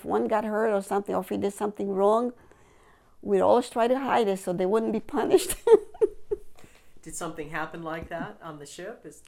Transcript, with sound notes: If one got hurt something, or you did something wrong, we would always try to hide it so they wouldn't be punished. (laughing)
Did something happen like that on the ship?